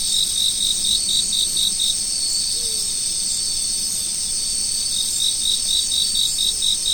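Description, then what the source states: Insect: crickets chirping in quick even pulses, a burst early and another near the end, against a constant high buzzing insect chorus. Insects recorded in autumn.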